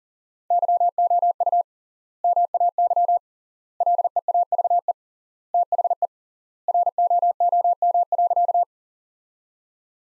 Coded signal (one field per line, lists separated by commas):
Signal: Morse code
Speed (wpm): 38 wpm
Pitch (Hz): 700 Hz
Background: none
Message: YOU MAY LEAVE THE ROOM.